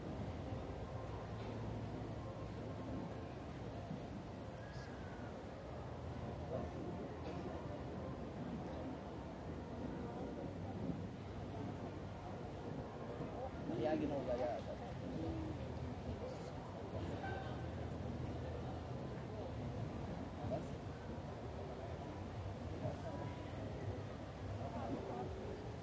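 People pass by in Munich's Englischer Garten, with fragments of conversation rising and falling over a steady low murmur. The crowd noise stays dense and even throughout, with a few louder voices and knocks around the middle, near fourteen seconds.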